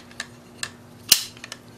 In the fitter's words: locks into place.